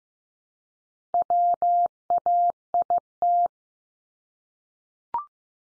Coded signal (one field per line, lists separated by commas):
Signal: Morse code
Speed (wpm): 15 wpm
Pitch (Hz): 700 Hz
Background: none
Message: WAIT